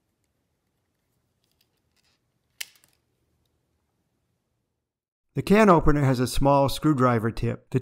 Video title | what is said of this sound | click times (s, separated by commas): Comparing and adapting the VIctorinox Cadet and Sportsman | the combined screwdriver and bottle opener will click into position at midpoint and full extension | 2.6 s